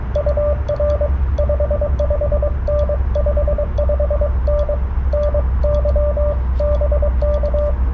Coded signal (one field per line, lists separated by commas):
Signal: Morse code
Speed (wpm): 23 wpm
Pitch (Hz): 590 Hz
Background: radio noise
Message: UR 55N 55N NY BK